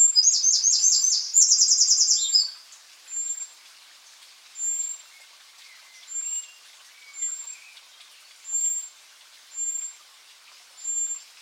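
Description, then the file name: Eurasian wren song: a loud burst of rapid, high trills, then several thin, high single notes repeated at a steady pace. "Troglodytes troglodytes"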